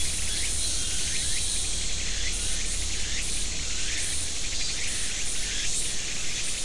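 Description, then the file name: Insect chorus as a dense, unbroken high buzz, with soft repeated chirp-like pulses roughly once a second and a steady low hum beneath. "mainly insect"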